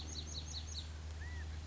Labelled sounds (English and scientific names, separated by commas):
California Quail (Callipepla californica)